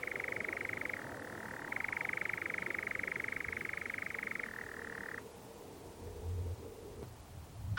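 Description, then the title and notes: Nightjar churr, a dry rapid trill with pitch changes that fades and stops partway, leaving quieter background sound. Nocturnal bird churring on a warm June summer evening, on a hill in the Brecon Beacons, amid honeysuckle and foxgloves. "Sound Escape 20: the mesmerising churring of a nightjar on a summer's night. it's a warm June evening on a hill in the Brecon Beacons and the strange churring of a nocturnal bird called the nightjar"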